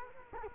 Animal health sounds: mosquito wingbeat signal from an infrared sensor; Culex quinquefasciatus

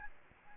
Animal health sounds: mosquito wingbeat signal from an infrared sensor; Aedes albopictus

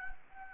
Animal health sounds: mosquito wingbeat signal from an infrared sensor; Anopheles gambiae

